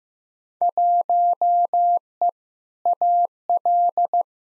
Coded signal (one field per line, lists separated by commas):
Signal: Morse code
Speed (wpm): 15 wpm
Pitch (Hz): 700 Hz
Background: none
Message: 1E AL